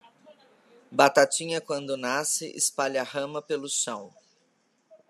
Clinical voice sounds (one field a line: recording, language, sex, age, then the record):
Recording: short text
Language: Brazilian Portuguese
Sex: female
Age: 50 to 59 years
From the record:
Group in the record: control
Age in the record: 50 years